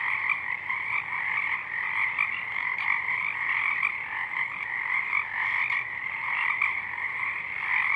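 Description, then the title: Pacific chorus frogs in full chorus, a constant rasping mass of calls. Chorus of many frogs at dusk, already out in full bloom; downmixed to stereo from a double mid-side recording; frogs highlighted in a separate parabolic track are heard mainly in the left channel. "Pacific Chorus Frogs (Pseudacris regilla), dusk"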